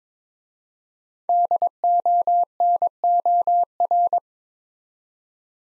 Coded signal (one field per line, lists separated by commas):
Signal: Morse code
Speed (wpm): 22 wpm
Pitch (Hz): 700 Hz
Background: none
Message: DONOR